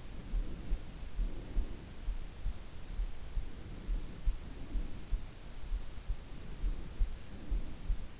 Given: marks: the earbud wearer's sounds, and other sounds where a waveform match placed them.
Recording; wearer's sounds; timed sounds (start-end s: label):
sounds in sleep by an in-ear microphone; breath
0.00-2.02 s: breath
3.20-5.26 s: breath
6.19-7.97 s: breath